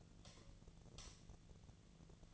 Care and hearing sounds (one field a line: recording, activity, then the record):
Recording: daily activity, microphone in the room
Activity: light off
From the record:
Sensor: 4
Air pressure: 1010.6 hPa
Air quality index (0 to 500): 173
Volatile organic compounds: 5 ppm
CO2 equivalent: 1762 ppm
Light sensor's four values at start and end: 37/108/43/43 and 37/106/42/43